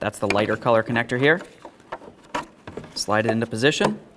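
On a 2007–2012 Dodge Caliber, the lighter-colored turn signal harness connector is handled and slid into position toward the tail lamp socket while someone talks. Brief handling taps and knocks are heard between the speech, but nothing has seated or clicked yet.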